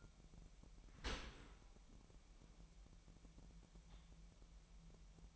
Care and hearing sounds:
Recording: daily activity, microphone in the room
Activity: open dishwasher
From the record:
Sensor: 1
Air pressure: 998.3 hPa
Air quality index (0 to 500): 139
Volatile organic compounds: 4 ppm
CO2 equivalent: 1662 ppm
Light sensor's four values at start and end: 16/54/22/22 and 16/54/22/22

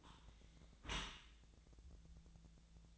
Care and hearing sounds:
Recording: daily activity, microphone in the room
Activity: close dishwasher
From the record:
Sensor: 3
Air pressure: 1000.5 hPa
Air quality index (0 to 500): 176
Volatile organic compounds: 3 ppm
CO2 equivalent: 1527 ppm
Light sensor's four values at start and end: 14/36/14/16 and 14/36/14/16

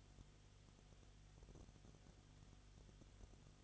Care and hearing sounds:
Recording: daily activity, microphone in the room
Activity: no activity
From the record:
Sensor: 4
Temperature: 22.7 degrees Celsius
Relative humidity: 31.7%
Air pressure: 995.4 hPa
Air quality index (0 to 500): 158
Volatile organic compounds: 2 ppm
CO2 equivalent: 1254 ppm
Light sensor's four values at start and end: 2/3/1/1 and 2/3/1/1

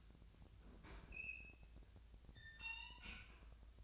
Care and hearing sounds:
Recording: daily activity, microphone in the room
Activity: open fridge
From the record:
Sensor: 2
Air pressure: 1009.6 hPa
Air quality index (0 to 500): 184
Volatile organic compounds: 11 ppm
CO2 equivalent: 2298 ppm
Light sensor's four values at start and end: 26/64/28/30 and 26/64/28/30

